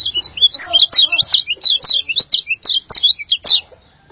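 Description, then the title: High, jumbled bird song of rapid rising and falling whistles, with faint lower sounds in the background and several sharp ticks. "burung online"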